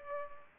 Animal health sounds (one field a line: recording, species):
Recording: mosquito wingbeat signal from an infrared sensor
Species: Culex pipiens